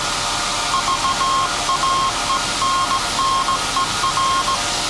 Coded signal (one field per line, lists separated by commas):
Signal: Morse code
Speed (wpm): 16 wpm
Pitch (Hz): 1070 Hz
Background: none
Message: VAENNER